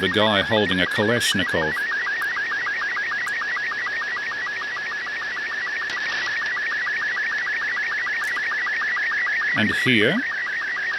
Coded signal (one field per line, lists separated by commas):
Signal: SSTV (slow-scan television)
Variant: Robot 36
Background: speech